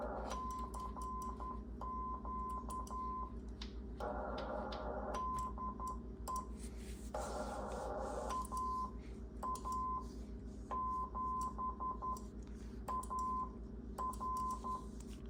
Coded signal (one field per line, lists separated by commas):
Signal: Morse code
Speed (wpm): 11 wpm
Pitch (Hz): 1030 Hz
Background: none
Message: CQ DE AA7AR